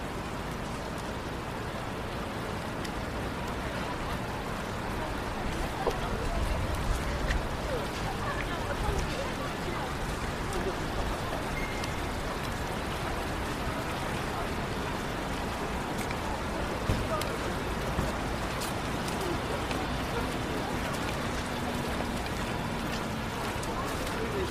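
Light rain patters steadily while cars hiss past and people murmur on a downtown walk at night. The sound stays dense and even throughout, with faint voices blended into the wash and brief louder swells from passing traffic around six and seventeen seconds.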